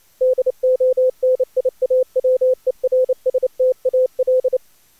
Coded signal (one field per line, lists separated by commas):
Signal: Morse code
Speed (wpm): 28 wpm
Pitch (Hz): 510 Hz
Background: none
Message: DONIAWERSTAL